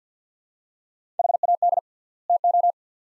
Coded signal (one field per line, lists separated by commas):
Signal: Morse code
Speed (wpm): 50 wpm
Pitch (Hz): 700 Hz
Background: none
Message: HAD TO